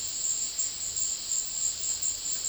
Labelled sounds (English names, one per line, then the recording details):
none
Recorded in dense forest near Puerto Asís, Putumayo, Colombia, on 21 February 2024 at 15:00
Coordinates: 0.500, -76.322
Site G6465